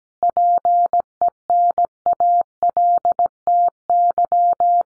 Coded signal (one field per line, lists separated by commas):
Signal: Morse code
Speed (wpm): 17 wpm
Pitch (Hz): 700 Hz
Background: none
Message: PENALTY